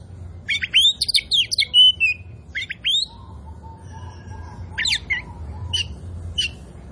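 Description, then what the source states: Oriental magpie-robin delivers a brief run of slurred whistles and buzzes, then falls quieter to a few scattered sharp notes. Indonesian name kacer poci; described as gacor, meaning singing vigorously and often.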